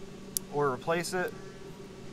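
A mini razor blade on a key organizer tool gives a single sharp, short snap at 0.4 s as it pops out of its holder so it can be flipped over or replaced. Someone talks right after over a low steady hum. The blade is released.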